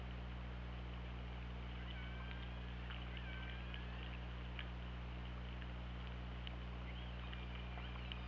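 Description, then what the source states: Orca whistles, several thin faint tones gliding around the middle-high range, scattered clicks, over a constant low underwater hum. Underwater hydrophone recording from OrcaLab, 24 August 2017, around 20:54.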